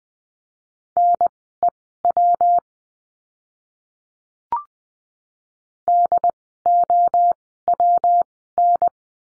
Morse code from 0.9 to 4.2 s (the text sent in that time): NEW